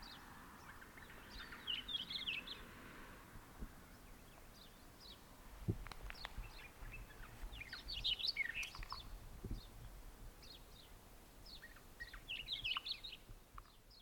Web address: sound Hume's-wheatear. صدای پرنده چکچک شکم سفید